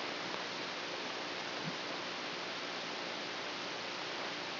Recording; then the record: brain microelectrode recording played as sound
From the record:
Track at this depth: inside the subthalamic nucleus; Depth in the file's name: 0.04 mm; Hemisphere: right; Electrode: 3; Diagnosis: Parkinson's disease